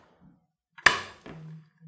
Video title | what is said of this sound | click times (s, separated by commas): How To Fold & Unfold A Portable Pedal Exerciser | that to lock in place and you'll be able to feel whether or not it's locked in and | 0.8 s, 0.9 s